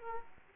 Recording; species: mosquito wingbeat signal from an infrared sensor; Aedes aegypti